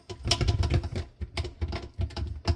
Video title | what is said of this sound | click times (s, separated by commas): how to clean a stinky Maytag dishwasher | so that snapped in place | 0.3 s